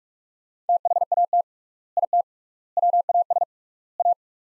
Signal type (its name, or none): Morse code